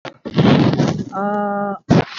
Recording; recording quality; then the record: sustained vowel as in made; moderate, slight background noise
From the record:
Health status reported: COVID-19 positive, mild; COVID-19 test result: positive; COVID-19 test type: RT-PCR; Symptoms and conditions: fever, fatigue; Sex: female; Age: 33 years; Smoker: no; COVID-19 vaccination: both doses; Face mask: not worn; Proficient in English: yes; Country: India